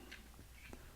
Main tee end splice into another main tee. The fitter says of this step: right into place like this and you'll hear that snap and that that holds it together keeps it flush